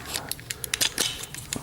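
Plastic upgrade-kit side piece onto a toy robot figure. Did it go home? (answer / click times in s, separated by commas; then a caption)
yes / 0.7 s. The second side piece of an FWI-4M Jetwing upgrade kit with a metallic finish, made of plastic, is pressed onto a toy robot figure amid a series of small, sharp plastic ticks and handling clicks. A distinct snap at 0.7 s marks the piece clipping firmly into place, fully seated.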